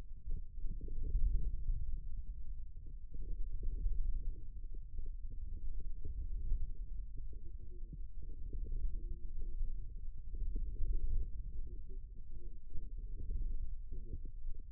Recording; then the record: forearm muscle sounds (acoustic myography)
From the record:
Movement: inward rotation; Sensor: system 2, bracelet of six BSWA MPA416 microphones around the upper forearm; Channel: 4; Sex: male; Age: 22 years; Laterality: right